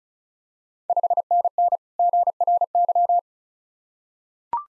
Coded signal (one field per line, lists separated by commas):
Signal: Morse code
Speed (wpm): 36 wpm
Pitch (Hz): 700 Hz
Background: none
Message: 5NN GRY